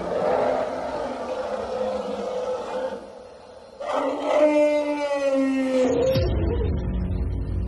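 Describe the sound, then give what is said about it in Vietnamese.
At night, a white elephant in a yard roars, a loud, drawn-out harmonic bellow that wavers and slowly falls in pitch, preceded by murky rumbling noise and ending in a heavy low rumble. “Đến khi tiệc gần tàn, trăng lên lần nữa, thì đột nhiên con voi trắng ngoài sân gầm rống khủng khiếp, âm thanh như sấm sét, tràn đầy bi ai, căm phẫn.”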